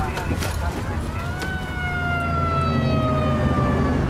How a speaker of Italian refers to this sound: Naturalmente il poliziotto si lanciò all'inseguimento a sirena spiegata e li fermò.